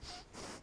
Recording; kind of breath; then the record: one breath in and out by a microphone near the nose and mouth; strong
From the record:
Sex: male